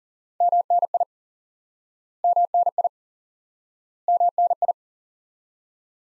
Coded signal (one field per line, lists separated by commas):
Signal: Morse code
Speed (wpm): 37 wpm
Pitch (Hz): 700 Hz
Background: none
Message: MNI MNI MNI